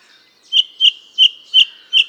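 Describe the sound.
Bird song: five clear whistled notes repeated about every third of a second, each bright and slightly slurred, over faint background twittering.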